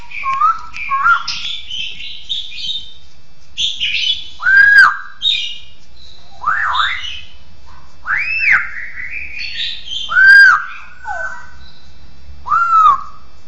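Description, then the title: Bird singing a mix of twittering phrases and loud arched whistles, the whistles recurring every couple of seconds. "SuaraBurung Kicau1"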